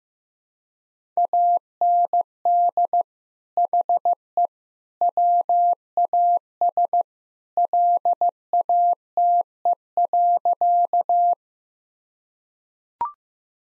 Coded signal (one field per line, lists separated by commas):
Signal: Morse code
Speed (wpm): 15 wpm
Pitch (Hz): 700 Hz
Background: none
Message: AND HE WAS LATE.